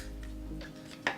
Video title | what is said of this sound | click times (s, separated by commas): FULL FACE OF DOLLAR TREE MAKEUP/ BEAUTYBENEFITS HOLLYWOOD | does not even have a satisfying click did you hear that | 1.1 s